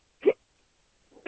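An adult's single short, sharp voiced burst stops abruptly after a fraction of a second, followed by quiet and the onset of a second similar sound at the end. The abrupt gulping catch is a hiccup, an involuntary diaphragm spasm with sudden glottal closure.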